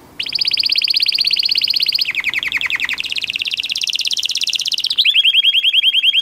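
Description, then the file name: Canary song in fast trilled tours, shifting every second or two from a steady high trill to a lower rattling roll, then rising and ending in a rapid looping phrase. "Canary Voice"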